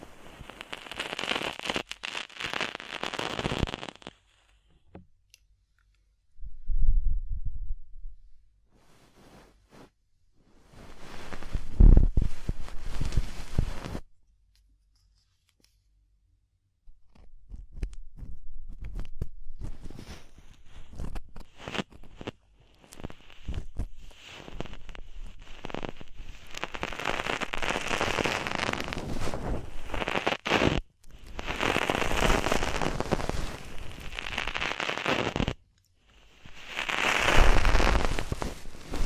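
ASMR ear cleaning with dense, crackling, rustling sounds that come in bursts of several seconds, separated by short silences. Near the start a brief low, muffled thump stands out, and the crackling grows busier and brighter from about 25 seconds to the end.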